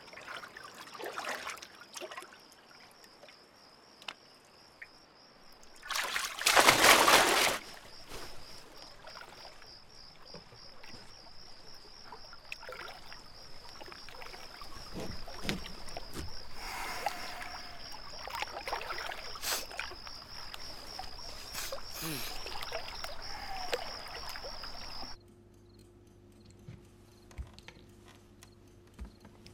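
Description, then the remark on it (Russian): A loud, sudden splash of a person jumping into water, followed by a stretch of steady, softer sloshing and swimming strokes, with a faint high whine running underneath until near the end. “Снял куртку и прыгнул в воду.”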